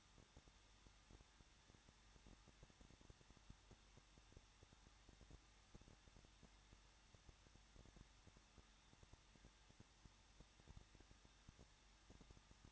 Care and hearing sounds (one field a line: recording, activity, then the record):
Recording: daily activity, microphone in the room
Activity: no activity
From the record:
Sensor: 3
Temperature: 21.2 degrees Celsius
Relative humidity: 36.3%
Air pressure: 1006.3 hPa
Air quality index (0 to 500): 222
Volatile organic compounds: 41 ppm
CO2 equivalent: 3167 ppm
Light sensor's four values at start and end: 2/3/2/2 and 2/3/2/2